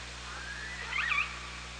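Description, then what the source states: Killer whale giving a brief, rising, tonal call that bends up and down, heard over steady underwater hiss and low hum. Hydrophone, OrcaLab, 24 August 2017.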